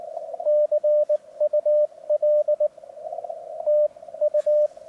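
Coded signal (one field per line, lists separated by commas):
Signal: Morse code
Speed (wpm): 15 wpm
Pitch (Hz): 600 Hz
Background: radio noise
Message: CUL TU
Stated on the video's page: Portable 7 MHz CW contact at 7.0095 MHz, about 15–18 WPM; IC-705 at 10 W with RHM12 antenna, other station IC-7100 at 100 W with full-size dipole.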